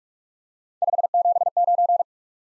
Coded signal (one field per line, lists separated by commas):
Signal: Morse code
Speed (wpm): 40 wpm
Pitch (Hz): 700 Hz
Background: none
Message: 579